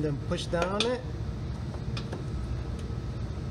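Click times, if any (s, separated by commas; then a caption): none. Someone talks while handling and pushing down on a black plastic fender trim piece being inserted into the fender of a 2014-2019 Toyota Corolla. Only faint handling noise follows the talk, and nothing has seated or clicked yet.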